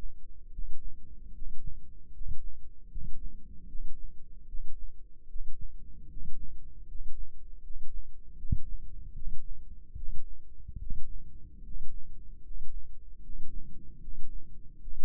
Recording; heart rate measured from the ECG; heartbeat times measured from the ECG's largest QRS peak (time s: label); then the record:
heart sounds by microphone in the left ear; 76 bpm
0.50 s: heartbeat
1.32 s: heartbeat
2.11 s: heartbeat
2.88 s: heartbeat
3.66 s: heartbeat
4.45 s: heartbeat
5.26 s: heartbeat
6.07 s: heartbeat
6.85 s: heartbeat
7.61 s: heartbeat
8.35 s: heartbeat
9.13 s: heartbeat
9.94 s: heartbeat
10.77 s: heartbeat
11.61 s: heartbeat
12.41 s: heartbeat
13.20 s: heartbeat
13.99 s: heartbeat
14.79 s: heartbeat
From the record:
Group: healthy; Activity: rest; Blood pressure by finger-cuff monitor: 107/68 mmHg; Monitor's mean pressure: 76 mmHg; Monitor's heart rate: 75 bpm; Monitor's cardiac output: 6.3 L/min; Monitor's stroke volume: 83 mL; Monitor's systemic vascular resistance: 870 dyn s/cm5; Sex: male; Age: 35 years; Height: 180 cm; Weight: 86.9 kg